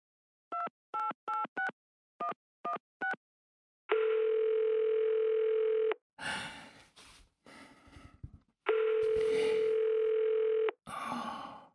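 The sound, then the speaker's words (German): Seven quick touch-tone beeps of a phone being dialed, followed by two long, steady, buzzy ringing tones separated by bursts of breathy rustling noise. No one speaks. “Dann griff er zum Telefon und rief Laser an.”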